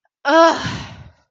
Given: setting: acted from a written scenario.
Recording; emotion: vocal sound without words; anger